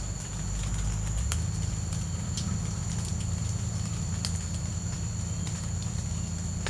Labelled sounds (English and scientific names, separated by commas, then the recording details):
none
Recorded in secondary vegetation near Puerto Asís, Putumayo, Colombia, on 21 December 2024 at 08:00
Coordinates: 0.499, -76.323
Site G010